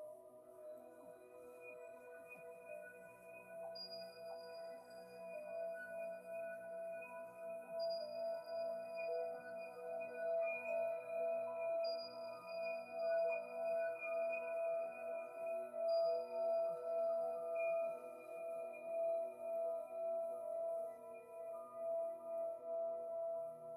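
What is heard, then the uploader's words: Synthesized singing-bowl tones ring in sustained layered drones with a gentle pulsing swell, while a high beep repeats about every four seconds. MIDI and BOWL sounds 7 mins per chakra.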